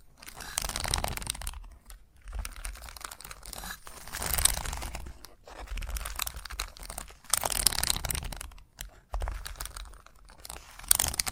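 Chalk scratches and scrapes in bursts of a second or two, separated by short silent gaps, with gritty, crinkly bright noise reaching high up. A few sharper taps stand out around 4.5, 7.5 and 11 seconds, and a low rumble sits under each stroke.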